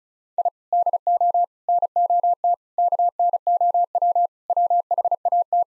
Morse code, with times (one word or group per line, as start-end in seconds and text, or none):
0.4-0.5 I
0.7-1.4 DO
1.7-2.5 NOT
2.8-4.3 KNOW
4.5-5.6 WHAT